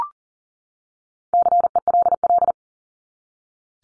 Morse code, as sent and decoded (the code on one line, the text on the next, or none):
-.-. . .-.. .-..
CELL